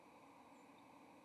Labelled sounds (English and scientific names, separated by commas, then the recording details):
White-throated Sparrow (Zonotrichia albicollis) flight call
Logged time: 09:00 on 30 October 2014